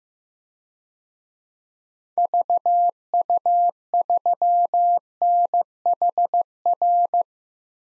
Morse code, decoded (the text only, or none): VU3NHR